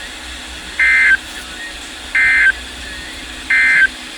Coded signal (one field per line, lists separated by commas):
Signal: Emergency Alert System (SAME) tones